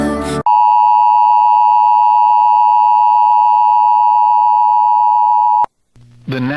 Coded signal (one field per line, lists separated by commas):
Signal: Emergency Alert System (SAME) tones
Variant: 853 and 960 Hz attention tone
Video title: SEVERE THUNDERSTORM EAS COMPILATION MIRANDO CITY OILTON LAREDO TX JUN 3 2023 (EAS #87-95)